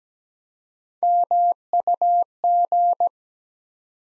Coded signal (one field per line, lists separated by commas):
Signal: Morse code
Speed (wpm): 17 wpm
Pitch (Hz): 700 Hz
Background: none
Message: MUG